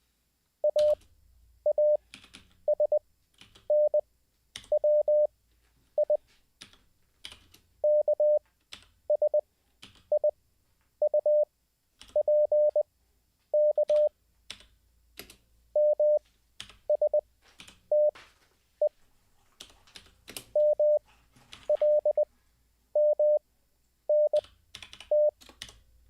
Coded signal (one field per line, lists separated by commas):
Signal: Morse code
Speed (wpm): 20 wpm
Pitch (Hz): 600 Hz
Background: none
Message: AASNWI KSIUPK MSTE MLMNT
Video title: How To Learn Morse Code LIVE with N0SSC (Day 4)